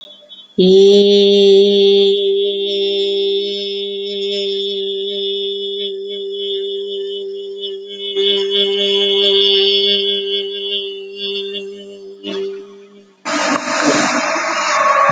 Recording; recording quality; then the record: sustained vowel as in beet; moderate, slight background noise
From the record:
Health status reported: respiratory illness, not identified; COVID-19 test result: negative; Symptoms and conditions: cough, cold, sore throat, fever, fatigue, muscle pain, loss of smell and taste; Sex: female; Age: 43 years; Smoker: not ticked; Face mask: not worn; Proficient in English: yes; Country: India